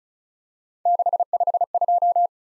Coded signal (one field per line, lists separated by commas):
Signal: Morse code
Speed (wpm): 36 wpm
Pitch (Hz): 700 Hz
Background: none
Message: 652